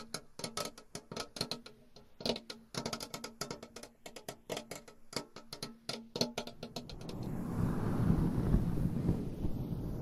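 Quick, irregular tapping and crisp clicks fill the first seven seconds over a faint low hum, then give way to a louder, rumbling scratching rub.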